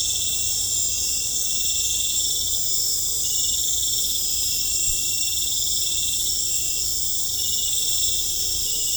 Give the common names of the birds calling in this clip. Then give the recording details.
none. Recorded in pastures near Puerto Asís, Putumayo, Colombia, on 18 December 2024 at 21:00. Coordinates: 0.496, -76.326. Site G004